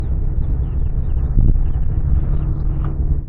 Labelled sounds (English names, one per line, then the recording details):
House Finch song
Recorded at WGilgo Beach on Long Island, New York, on 22 May 1975
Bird D